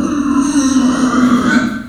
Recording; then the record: squeal of a Yucatan mini pig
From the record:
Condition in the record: after surgery on the right vocal fold (resection and tissue-engineered implant); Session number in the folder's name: 6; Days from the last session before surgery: 40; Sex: female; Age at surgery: 19 weeks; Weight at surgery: 25 kg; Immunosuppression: prednisolone